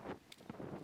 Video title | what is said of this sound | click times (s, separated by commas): 2 Stage Water Rocket - Part 42 - Booster Complete | and then that gets locked into place | 0.3 s